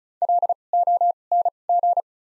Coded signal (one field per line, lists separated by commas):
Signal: Morse code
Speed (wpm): 34 wpm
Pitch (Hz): 700 Hz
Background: none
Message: L O N G